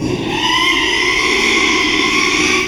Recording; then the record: squeal of a Yucatan mini pig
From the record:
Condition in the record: after surgery on the right vocal fold (resection and tissue-engineered implant); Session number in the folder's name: 1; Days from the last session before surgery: 6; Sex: male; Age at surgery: 12 weeks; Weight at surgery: 13 kg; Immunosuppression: cyclosporine, prednisolone